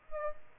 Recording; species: mosquito wingbeat signal from an infrared sensor; Aedes aegypti